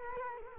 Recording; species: mosquito wingbeat signal from an infrared sensor; Culex quinquefasciatus